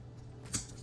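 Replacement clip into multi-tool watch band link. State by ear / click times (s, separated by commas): seated / 0.5 s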